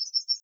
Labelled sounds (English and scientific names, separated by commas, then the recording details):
Yellowhammer (Emberiza citrinella) song
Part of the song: start
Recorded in the Czech Republic on 27 June 2014
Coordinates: 49.859, 13.827
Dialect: XlB
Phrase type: A52
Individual h008